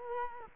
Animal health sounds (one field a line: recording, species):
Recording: mosquito wingbeat signal from an infrared sensor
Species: Culex quinquefasciatus